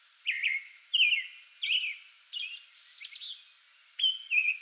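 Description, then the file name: American robin singing short, liquid whistled phrases in quick succession, some dropping in pitch. Singing before dawn from a small tree in a front yard, 8 May 2022. "2022-05-08 American Robin pre-dawn singing from small tree in front yard"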